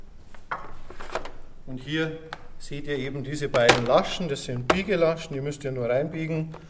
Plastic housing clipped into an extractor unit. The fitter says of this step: hear a click, once on the left and once on the right. Then you can remove the whole housing.